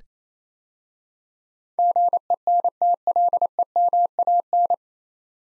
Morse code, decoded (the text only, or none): GENTLEMAN